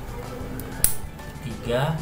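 The third plastic push pin of a CPU cooler is pressed into its motherboard mounting hole and clicks home at 0.8 s with a sharp, bright snap, confirming it is seated. Someone talks, and music plays underneath throughout.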